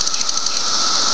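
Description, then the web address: Cicadas buzzing in a dense, steady high-pitched drone with a faint pulsing beat, over a thin steady lower tone. Several cicadas, recorded May 31, 2004. "fleur cicadas"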